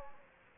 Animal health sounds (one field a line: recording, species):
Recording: mosquito wingbeat signal from an infrared sensor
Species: Anopheles gambiae